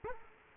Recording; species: mosquito wingbeat signal from an infrared sensor; Culex quinquefasciatus